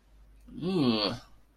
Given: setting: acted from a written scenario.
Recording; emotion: vocal sound without words; disgust